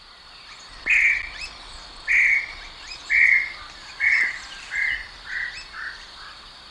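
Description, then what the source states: Tataupa tinamou call, a series of about seven mellow whistled notes that come faster, shorter and slightly lower as it goes, with faint chirps of other birds behind. Ecuador.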